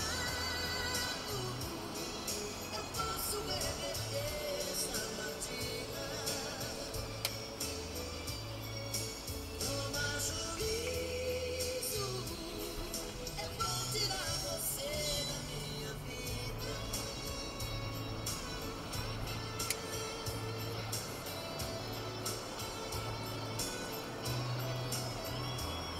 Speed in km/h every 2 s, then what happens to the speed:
69, 65, 59, 52, 46, 41, 42, 43, 51, 60, 68, 77, 82.
0-13 slows to 42. 13-26 speeds up to 82.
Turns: none.